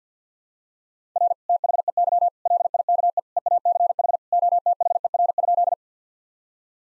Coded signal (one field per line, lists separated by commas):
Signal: Morse code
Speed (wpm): 50 wpm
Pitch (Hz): 700 Hz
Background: none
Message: R THEY LIKE EACH OTHER?